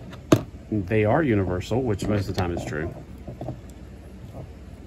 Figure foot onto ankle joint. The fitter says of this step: push it with the foot here the double click the feet